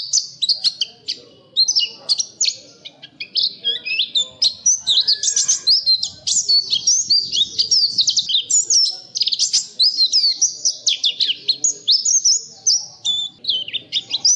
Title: nightingale masteran